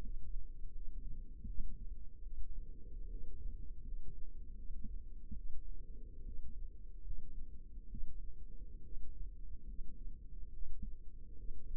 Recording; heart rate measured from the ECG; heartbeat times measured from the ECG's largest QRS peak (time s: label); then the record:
heart sounds by microphone in the left ear; 73 bpm
0.72 s: heartbeat
1.45 s: heartbeat
2.22 s: heartbeat
3.08 s: heartbeat
3.83 s: heartbeat
4.54 s: heartbeat
5.34 s: heartbeat
6.23 s: heartbeat
7.02 s: heartbeat
7.88 s: heartbeat
8.81 s: heartbeat
9.65 s: heartbeat
10.51 s: heartbeat
11.34 s: heartbeat
From the record:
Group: healthy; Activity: cold pressor test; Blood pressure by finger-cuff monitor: 65/45 mmHg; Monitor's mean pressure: 53 mmHg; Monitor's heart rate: 72 bpm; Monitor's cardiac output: 6 L/min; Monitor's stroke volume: 82 mL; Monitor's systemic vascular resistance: 590 dyn s/cm5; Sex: female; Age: 22 years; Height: 163 cm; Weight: 67.1 kg